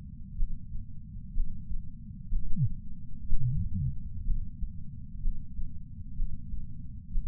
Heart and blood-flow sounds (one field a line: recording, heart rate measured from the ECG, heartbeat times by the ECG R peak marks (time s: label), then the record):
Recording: heart sounds by patch sensor on the chest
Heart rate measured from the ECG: 62 bpm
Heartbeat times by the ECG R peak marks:
0.37 s: heartbeat
1.34 s: heartbeat
2.29 s: heartbeat
3.27 s: heartbeat
4.24 s: heartbeat
5.21 s: heartbeat
6.16 s: heartbeat
7.12 s: heartbeat
From the record:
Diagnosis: coronary artery disease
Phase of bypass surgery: preoperative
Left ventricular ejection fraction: 36.6%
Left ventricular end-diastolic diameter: 43 mm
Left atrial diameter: 33 mm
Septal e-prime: 3.9 cm/s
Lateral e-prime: 8 cm/s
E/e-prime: 10.3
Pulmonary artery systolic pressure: 22 mmHg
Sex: female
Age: 80 years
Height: 150 cm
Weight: 49 kg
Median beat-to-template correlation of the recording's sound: 0.90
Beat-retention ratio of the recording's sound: 0.98